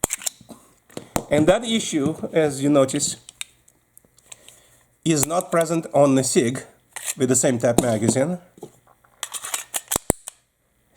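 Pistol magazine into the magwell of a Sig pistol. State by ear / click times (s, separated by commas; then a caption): seated / 10.1 s. A steel pistol magazine is pushed into the wider magwell of a Sig pistol and seats with a sharp click at 10.1 s, going in with little effort because the magwell opening is bigger. Someone talks through most of the clip, with light handling clicks and taps between phrases and just before the magazine seats.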